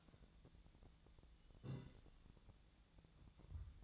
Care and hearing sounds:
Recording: daily activity, microphone in the room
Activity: take from stove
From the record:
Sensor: 3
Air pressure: 1009.9 hPa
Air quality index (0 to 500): 188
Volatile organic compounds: 14 ppm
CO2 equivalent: 2456 ppm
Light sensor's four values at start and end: 41/103/44/48 and 41/103/44/48

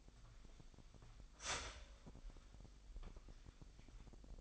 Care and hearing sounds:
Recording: daily activity, microphone in the room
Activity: start toaster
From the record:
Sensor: 5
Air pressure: 1002.1 hPa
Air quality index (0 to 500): 205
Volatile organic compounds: 19 ppm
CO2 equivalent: 2649 ppm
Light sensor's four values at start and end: 33/108/41/43 and 33/107/41/43

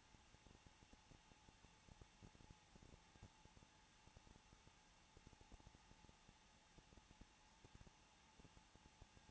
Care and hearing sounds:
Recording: daily activity, microphone in the room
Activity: no activity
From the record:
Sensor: 1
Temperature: 20.2 degrees Celsius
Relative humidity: 35.7%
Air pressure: 994.5 hPa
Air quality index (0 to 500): 182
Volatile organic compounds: 7 ppm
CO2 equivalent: 1999 ppm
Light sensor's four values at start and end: 1/2/1/1 and 1/2/1/1

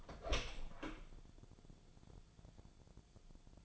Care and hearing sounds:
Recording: daily activity, microphone in the room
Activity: open door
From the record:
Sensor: 5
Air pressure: 1000.6 hPa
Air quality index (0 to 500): 162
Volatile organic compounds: 2 ppm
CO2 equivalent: 1246 ppm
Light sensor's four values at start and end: 47/110/46/49 and 47/109/45/49

